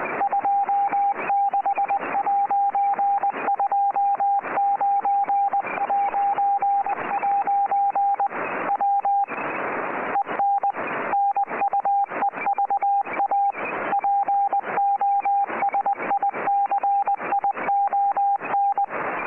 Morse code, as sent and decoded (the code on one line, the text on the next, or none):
..--- -.... .----. ..--- ----. .----. .----. / .-- / . -. / -. ..- . ...- .- / .--. --- ... .. -.-. .. --- -.
26'29'' W EN NUEVA POSICION